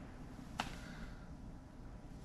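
A plastic Cobb Accessport gauge pillar mount is pushed onto the passenger-side A-pillar trim of a 2016 Ford Focus ST. A single sharp, short snap rings out at 0.6 s over a steady low background hum. The mount clips in and is seated.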